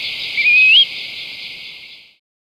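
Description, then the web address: Black-billed shrike-tyrant call, a single thin rising whistle lasting under half a second, over steady hiss. Recorded in Ecuador. "Birds of Ecuador 3. Black-Billed Shrike-Tyrant"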